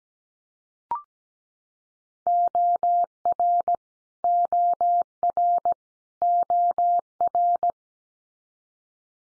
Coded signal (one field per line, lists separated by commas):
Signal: Morse code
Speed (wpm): 17 wpm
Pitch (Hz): 700 Hz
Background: none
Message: OR OR OR